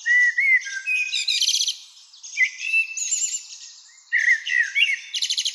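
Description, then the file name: Common blackbird singing low fluting whistles that dissolve into buzzy, rattling high twitters, in three closely spaced phrases. "Turdus merula"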